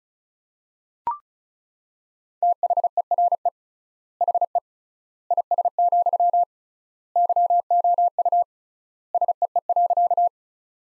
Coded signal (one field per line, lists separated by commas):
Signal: Morse code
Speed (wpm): 36 wpm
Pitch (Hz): 700 Hz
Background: none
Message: THERE HE IS, YOU SEE.